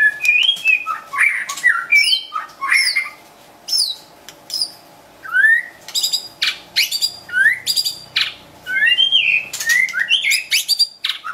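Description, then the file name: White-rumped shama giving loud varied song phrases, whistled slurs mixed with harsh grating notes and clicks, in repeated bursts with short gaps. Wild bird from forest in Medan, singing actively (gacor). "suara burung murai batu hutan medan gacor"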